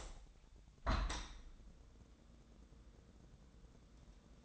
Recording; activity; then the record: daily activity, microphone in the room; open window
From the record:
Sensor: 3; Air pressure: 1012.3 hPa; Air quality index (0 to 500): 143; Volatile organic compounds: 2 ppm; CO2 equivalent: 1104 ppm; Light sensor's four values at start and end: 323/792/329/326 and 321/785/327/325